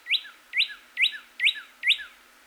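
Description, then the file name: Northern cardinal song: five clear, slurred whistled notes, each a sharp upward sweep then a dropping tail, repeated about twice a second. Recorded 26 April 2019. "2019-04-26 Cardinal"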